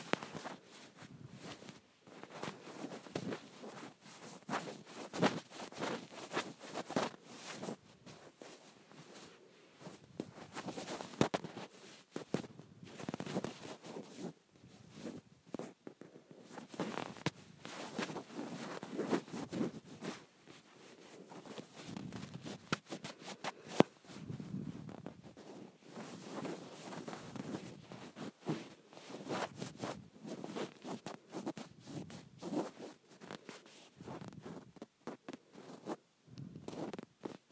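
Fingernails scratch at a shirt in dense, rapid bursts of dry rasping that run through the whole clip with only brief pauses. The scraping is rough and papery, strongest in the low-middle range, with occasional sharper clicks, one standing out near 24 seconds.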